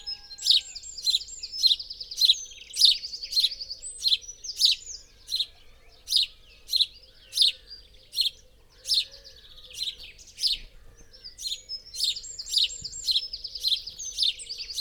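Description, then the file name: House sparrow chirping repeatedly, lively and slightly irregular, with brief bursts of faster twittering chirps mixed into the steady run. "Passer domesticus"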